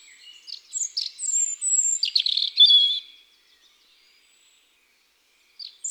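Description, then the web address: European robin song: a high, rippling phrase of thin whistles and fast trills lasting about three seconds, then quiet, then the next phrase beginning. Garden bird. "Rougegorge familier. oiseaux des jardins"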